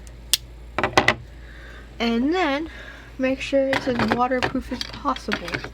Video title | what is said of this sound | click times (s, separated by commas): How to make a successful YouTube channel *cough cough* | carefully insert it inwards until you hear a click. | 0.3 s